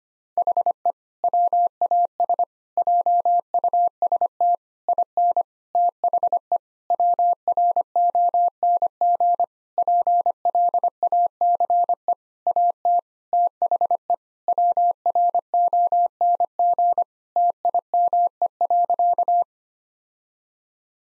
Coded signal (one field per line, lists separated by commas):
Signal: Morse code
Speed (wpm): 25 wpm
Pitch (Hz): 700 Hz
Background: none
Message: HE WAS JUST IN THE WRONG PLACE AT THE WRONG TIME.